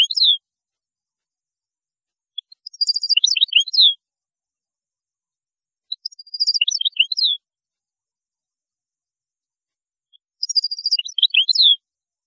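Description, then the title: European goldfinch repeating a similar short twittering, jangling phrase four times, the first cut short at the start, with pauses of a few seconds between. "Chant Chardonneret"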